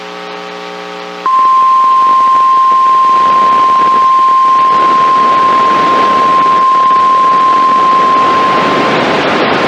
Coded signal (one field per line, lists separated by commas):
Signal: Emergency Alert System (SAME) tones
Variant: 1050 Hz attention tone